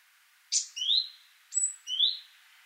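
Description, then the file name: Great tit call given twice: a sharp high note then a rising whistled slur, over soft background hiss. "Parus major"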